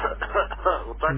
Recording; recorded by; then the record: voluntary cough; telephone call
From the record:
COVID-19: positive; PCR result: checked with the laboratory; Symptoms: yes